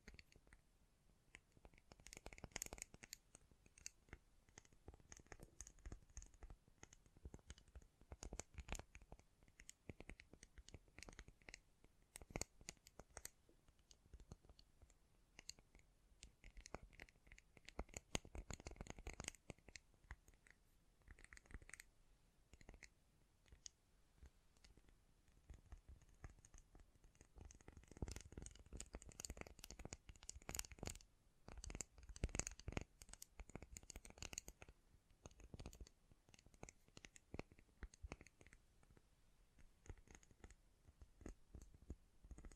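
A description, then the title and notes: Tapping sounds in quick, irregular bursts of crisp clicks and taps run through the whole 43 seconds. They come in dense clusters with brief lulls between them, and they thicken into heavier, fuller runs around 2–4, 17–19 and 27–35 seconds. ASMR Great Tapping Sounds for Sleep (No Talking).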